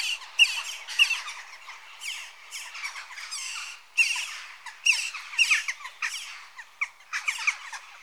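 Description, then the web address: Western jackdaw calls, loud harsh squawking in clustered bursts every second or so, overlapping birds with short quieter pauses. Adult birds. "BBC Sound Effects Library. Jackdaw (Corvus Monedula)"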